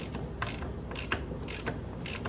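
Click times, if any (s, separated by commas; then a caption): none. A ratchet is turned to draw a spring-loaded part together on the tilt steering column shaft of a 1956 Chevy Bel Air, with a vise grip holding the other end. Steady ratchet clicking is heard, with sharper clicks near 0.4 s and 1.1 s. The spring retainer or ring has not seated or clicked into place yet.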